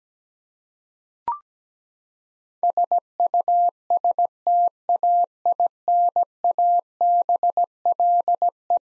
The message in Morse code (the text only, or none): SUSTAINABLE